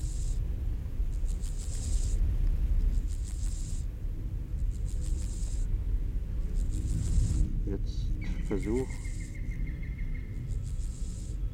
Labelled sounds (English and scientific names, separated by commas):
Water-meadow Grasshopper (Chorthippus montanus) stridulation